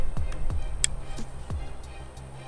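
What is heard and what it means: An OLight PL-Mini Valkyrie LED weapon light is pushed onto the accessory rail of a second pistol, a P30, over soft low thumps and a steady low hum. It seats with one sharp, loud click at 0.8 s, and the light is mounted and ready to use.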